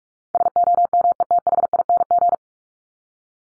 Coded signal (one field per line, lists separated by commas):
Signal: Morse code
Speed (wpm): 44 wpm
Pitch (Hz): 700 Hz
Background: none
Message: SOMETHING